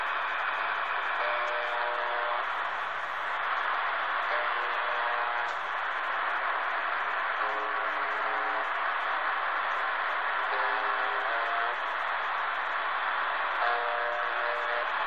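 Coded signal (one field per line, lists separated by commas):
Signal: channel marker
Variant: UVB-76 (The Buzzer)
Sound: short low harsh buzzes, roughly five in fifteen seconds, under heavy hiss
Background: radio static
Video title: UVB-76 "The Buzzer" on 4625 khz received in Berlin, Germany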